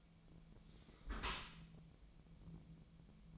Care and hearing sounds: daily activity, microphone in the room; close dishwasher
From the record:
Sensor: 1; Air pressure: 1006.7 hPa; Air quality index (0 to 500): 209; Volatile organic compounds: 24 ppm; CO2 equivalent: 2811 ppm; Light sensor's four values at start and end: 12/32/12/14 and 12/32/12/14

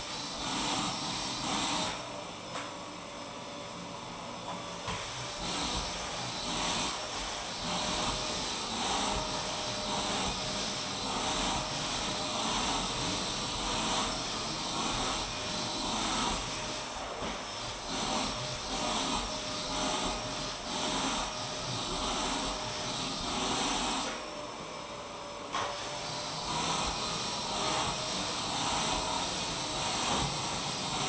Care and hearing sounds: daily activity, microphone in the room; vacuum cleaning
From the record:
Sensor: 1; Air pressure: 1002.0 hPa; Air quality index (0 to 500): 242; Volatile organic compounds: 47 ppm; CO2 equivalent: 3255 ppm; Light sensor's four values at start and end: 8/27/10/11 and 8/27/10/11

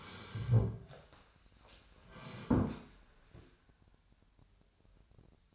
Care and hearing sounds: daily activity, microphone in the room; sit down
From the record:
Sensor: 2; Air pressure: 1015.1 hPa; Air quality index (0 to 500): 164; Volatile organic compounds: 8 ppm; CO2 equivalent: 2124 ppm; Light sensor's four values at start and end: 12/33/13/14 and 12/34/13/14

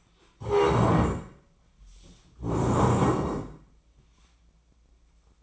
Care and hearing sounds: daily activity, microphone in the room; stand up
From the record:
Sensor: 1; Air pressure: 1012.3 hPa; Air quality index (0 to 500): 173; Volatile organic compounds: 3 ppm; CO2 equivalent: 1419 ppm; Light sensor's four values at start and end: 45/122/50/61 and 45/121/50/61

